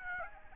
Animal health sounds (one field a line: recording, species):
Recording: mosquito wingbeat signal from an infrared sensor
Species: Aedes aegypti